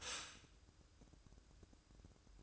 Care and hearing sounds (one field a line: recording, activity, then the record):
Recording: daily activity, microphone in the room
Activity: stop toaster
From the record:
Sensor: 2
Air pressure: 1007.0 hPa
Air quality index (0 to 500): 37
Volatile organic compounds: 1 ppm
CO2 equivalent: 532 ppm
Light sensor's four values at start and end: 6/13/5/5 and 6/13/5/5